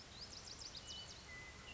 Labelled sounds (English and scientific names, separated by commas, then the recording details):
Western Meadowlark (Sturnella neglecta)
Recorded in Sonoma County, California